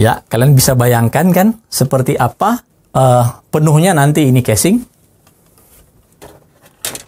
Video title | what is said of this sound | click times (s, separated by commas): Mau Gaming ? Mau Konten Kreator, si Putih ini BISA !!! | ini belum dimor tapi dia sudah mengunci karena ada salah satu bagian tengah itu yang bisa sementara | 6.8 s